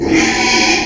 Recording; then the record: squeal of a Yucatan mini pig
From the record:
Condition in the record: after surgery on the right vocal fold (resection and tissue-engineered implant); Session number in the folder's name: 2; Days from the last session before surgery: 13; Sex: male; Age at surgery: 12 weeks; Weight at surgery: 13 kg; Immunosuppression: cyclosporine, prednisolone